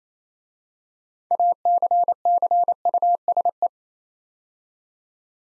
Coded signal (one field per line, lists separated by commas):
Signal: Morse code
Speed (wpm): 29 wpm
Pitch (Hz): 700 Hz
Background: none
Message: ACCUSE